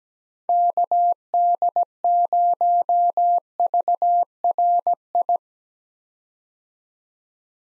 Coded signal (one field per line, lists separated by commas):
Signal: Morse code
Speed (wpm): 17 wpm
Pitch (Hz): 700 Hz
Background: none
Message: KD0VRI